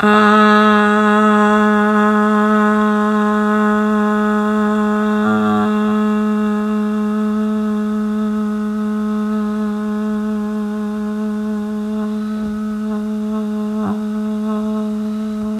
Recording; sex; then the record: sustained vowel /a/; female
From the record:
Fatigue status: no fatigue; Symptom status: asymptomatic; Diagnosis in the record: COVID-19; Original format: m4a